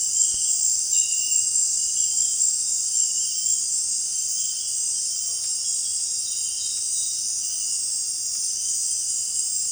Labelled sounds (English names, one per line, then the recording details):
none
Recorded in dense forest near Puerto Asís, Putumayo, Colombia, on 23 June 2025 at 18:30
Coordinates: 0.466, -76.327
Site GP04